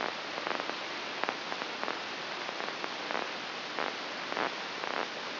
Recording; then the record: brain microelectrode recording played as sound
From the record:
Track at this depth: inside the subthalamic nucleus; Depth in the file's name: 2.945 mm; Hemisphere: right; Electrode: 2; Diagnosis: Parkinson's disease